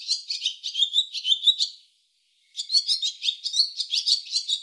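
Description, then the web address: Barn swallow chatter: a quick run of high squeaky chirps, a brief silence, then another lively twittering run. Audio cleaned and normalized. "cianscape birddata Deverinetal 2025"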